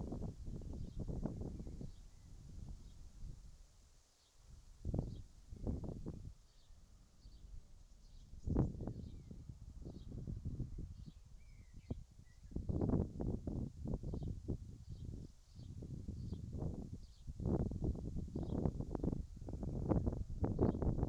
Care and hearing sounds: everyday scene through a hearing-aid microphone; wind on the microphone; wind, whistling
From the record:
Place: in front of a rural house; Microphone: in the ear canal, right

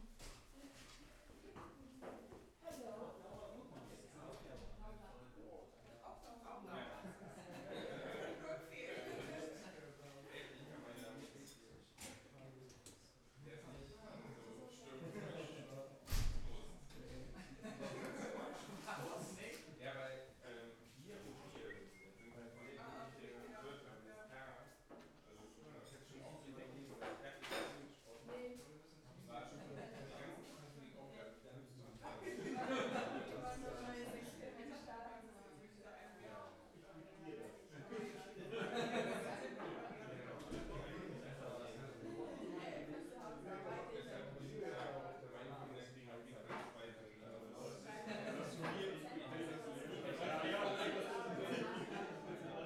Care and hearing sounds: everyday scene through a hearing-aid microphone; many people talking; many voices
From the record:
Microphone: behind the ear, left, rear

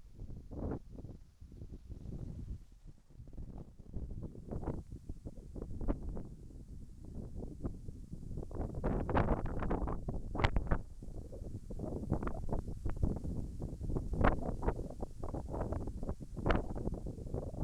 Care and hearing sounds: everyday scene through a hearing-aid microphone; wind on the microphone; wind, whistling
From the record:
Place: in front of a rural house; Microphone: behind the ear, right, rear

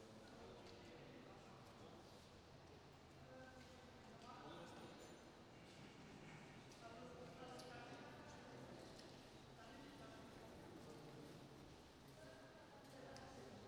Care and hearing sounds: everyday scene through a hearing-aid microphone; reverberant space; background noise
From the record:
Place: railway station hall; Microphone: in the ear canal, right

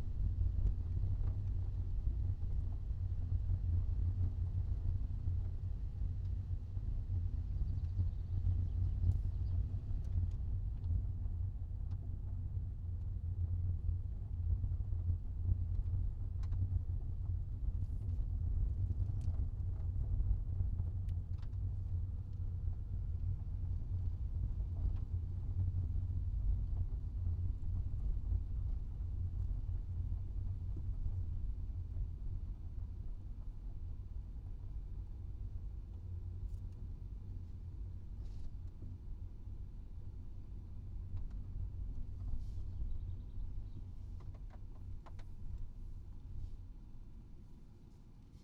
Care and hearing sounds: everyday scene through a hearing-aid microphone; in a vehicle; engine, rumble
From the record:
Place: Skoda Fabia, gasoline engine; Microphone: in the ear canal, right

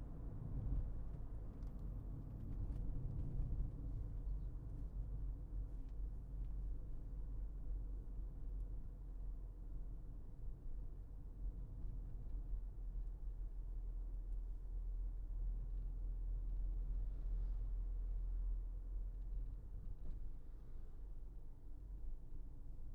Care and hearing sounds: everyday scene through a hearing-aid microphone; in a vehicle; engine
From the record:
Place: Berlingo II, diesel engine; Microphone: behind the ear, left, front

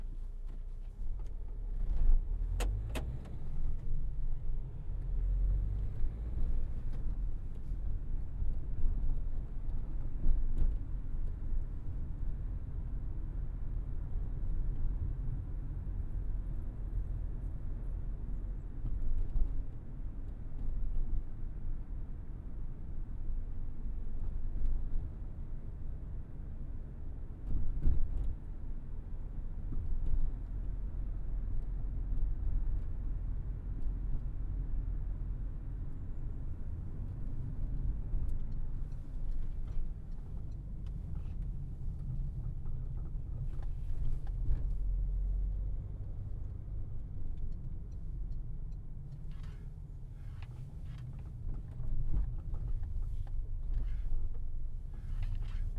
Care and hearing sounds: everyday scene through a hearing-aid microphone; in a vehicle; engine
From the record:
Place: Berlingo II, diesel engine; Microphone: behind the ear, right, rear

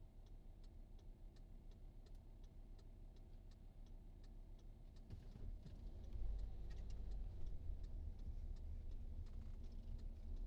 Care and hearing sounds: everyday scene through a hearing-aid microphone; in a vehicle; engine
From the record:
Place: VW T5 Caravelle, diesel engine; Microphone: in the ear canal, right

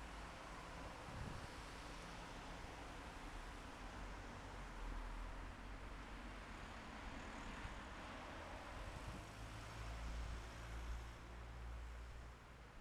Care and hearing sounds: everyday scene through a hearing-aid microphone; in traffic; traffic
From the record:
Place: bus stop on a city main road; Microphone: behind the ear, left, rear

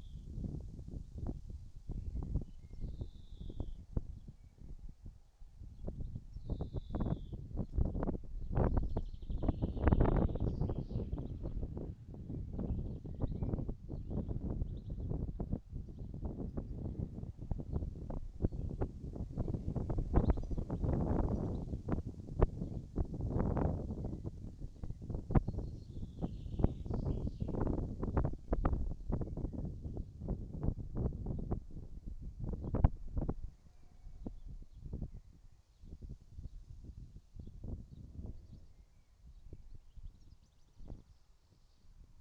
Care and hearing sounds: everyday scene through a hearing-aid microphone; wind on the microphone; wind, birds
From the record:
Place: in front of a rural house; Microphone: in the ear canal, right

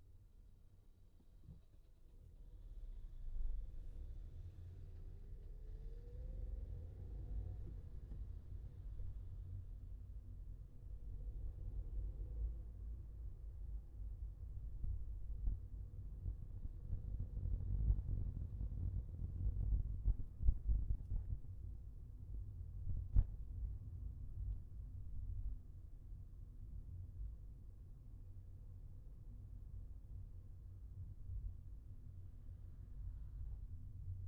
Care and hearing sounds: everyday scene through a hearing-aid microphone; in a vehicle; engine, traffic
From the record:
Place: Skoda Fabia, gasoline engine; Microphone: behind the ear, left, rear

